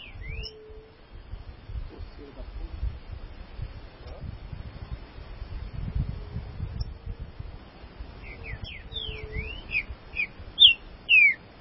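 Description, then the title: Green-winged saltator song: a loud run of clear, slurred whistled notes swooping up and down near the end, after faint scattered notes and low background rumble. "Trinca Ferro"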